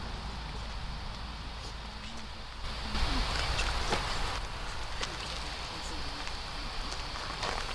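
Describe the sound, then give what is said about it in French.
Cars passing by make a steady, hissing rumble of traffic noise that swells a little midway before settling back to a constant wash, with faint scattered ticks on top. “À part les voitures qui passent.”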